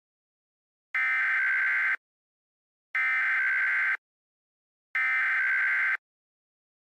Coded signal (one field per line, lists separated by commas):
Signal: Emergency Alert System (SAME) tones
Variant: header bursts